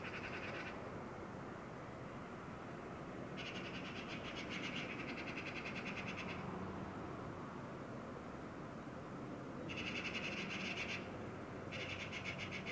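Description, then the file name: Eurasian magpie chattering, harsh rapid rattles in four bursts, the longest lasting about three seconds, over a steady low rumble of background noise. "Pica pica"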